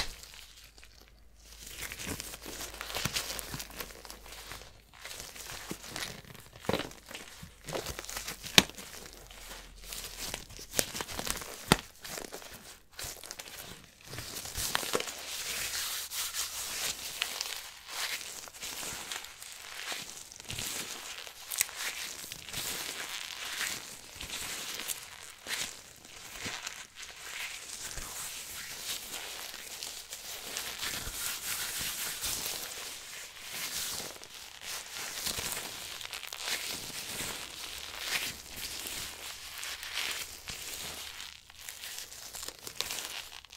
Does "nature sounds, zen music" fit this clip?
no